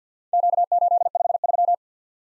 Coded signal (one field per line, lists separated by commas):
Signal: Morse code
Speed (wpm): 53 wpm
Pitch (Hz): 700 Hz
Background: none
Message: Q853